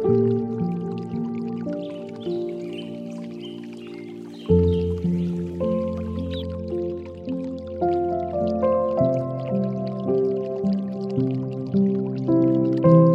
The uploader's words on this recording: Serene Reflections: Zen Garden Meditation Music with Water Sounds for Relaxation and Calm.